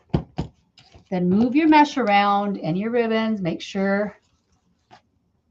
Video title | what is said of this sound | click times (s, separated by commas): DIY Wreath Tutorial That Will Transform Your Front Door - KIT209RI | till you hear that little click | 0.1 s, 0.4 s